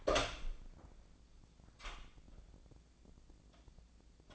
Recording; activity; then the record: daily activity, microphone in the room; open door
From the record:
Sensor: 5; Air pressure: 1009.3 hPa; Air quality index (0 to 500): 168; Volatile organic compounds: 2 ppm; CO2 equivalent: 1281 ppm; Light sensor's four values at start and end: 147/348/148/160 and 145/345/146/159